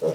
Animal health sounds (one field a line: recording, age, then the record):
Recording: pig call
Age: piglet (1 to 25 days)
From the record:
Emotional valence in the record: positive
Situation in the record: huddling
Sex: female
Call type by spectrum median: low-frequency call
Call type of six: low-frequency tonal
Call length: 0.15 s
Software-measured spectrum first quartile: 388 Hz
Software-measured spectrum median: 484 Hz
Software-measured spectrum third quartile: 587 Hz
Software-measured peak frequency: 476 Hz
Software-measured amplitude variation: 92 dB a second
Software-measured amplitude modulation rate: 6.5 a second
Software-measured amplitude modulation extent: 14.1 dB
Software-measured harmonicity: 6.2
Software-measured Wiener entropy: -0.93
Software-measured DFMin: 914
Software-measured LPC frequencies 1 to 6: 498, 2827, 3593, 5801, 6823, 7881 Hz